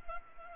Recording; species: mosquito wingbeat signal from an infrared sensor; Culex pipiens